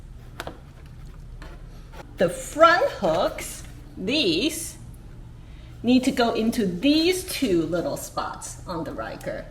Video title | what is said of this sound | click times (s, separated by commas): How to Remove Ryker Hood - On & Off Explained - Can-Am Maintenance | and it clicks right into place. | 0.4 s